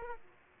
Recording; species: mosquito wingbeat signal from an infrared sensor; Aedes aegypti